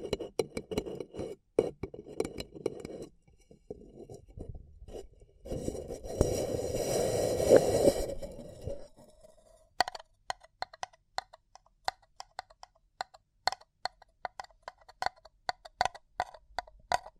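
Paper cup being handled with crinkly tapping and scratching. A denser rubbing, crumpling stretch runs from about six to nine seconds, then gives way to a steady run of sharp, bright ticks and taps, some clicking like glass.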